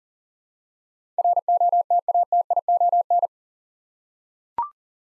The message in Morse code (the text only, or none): ROTATION